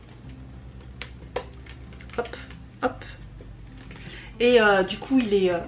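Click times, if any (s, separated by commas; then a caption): 1.0 s, 1.4 s. A plastic sticky-note block holder is pressed onto the rings or edge of a paper planner, with sharp clicks at 1.0 s and 1.4 s as it clips into place. Fainter taps follow, and someone talks near the end. The holder is seated and stays attached.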